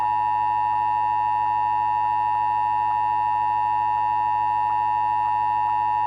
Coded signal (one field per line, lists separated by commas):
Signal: Emergency Alert System (SAME) tones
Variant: 853 and 960 Hz attention tone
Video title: [EAS RECREATIONAL] i need better warnings than ts